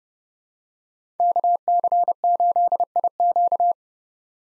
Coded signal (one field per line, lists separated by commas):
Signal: Morse code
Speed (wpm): 31 wpm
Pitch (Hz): 700 Hz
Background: none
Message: KC8IQ